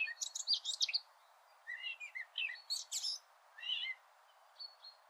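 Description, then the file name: Eurasian blackcap singing short bursts of scratchy, warbled notes broken by brief pauses, with a few clearer slurred whistles near the end. "Sylvia atricapilla"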